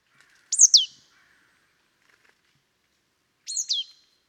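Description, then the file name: Marsh tit calls: two sharp, high, downward-sweeping double notes, 'pitchoo', about three seconds apart in otherwise quiet surroundings. "Poecile palustris"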